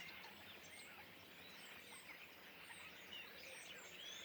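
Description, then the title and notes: Common starling flock chattering, high scratchy chirps and occasional clear whistles packed densely together for the whole stretch. Flock perched in trees beside the Louroux pond, Le Louroux, Loches, Indre-et-Loire, Centre-Val de Loire, France; recorded with Sennheiser MKH8020 ORTF stereo pair, Rycote, Sound Devices MixPre6 II. "Le Louroux, Loches, Indre-et-Loire, Centre-Val de Loire, France métropolitaine, 37240, France - étourneaux sansonnet dans les arbres. Nuée d'étourneaux posés dans un arbre aux abords de l'étang du louroux"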